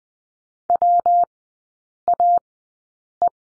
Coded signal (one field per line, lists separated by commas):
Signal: Morse code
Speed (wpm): 20 wpm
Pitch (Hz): 700 Hz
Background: none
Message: WAE